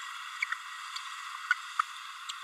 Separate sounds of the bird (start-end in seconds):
1.50-1.54